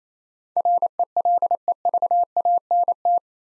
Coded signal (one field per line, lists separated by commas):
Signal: Morse code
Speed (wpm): 27 wpm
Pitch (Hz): 700 Hz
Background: none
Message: RELEVANT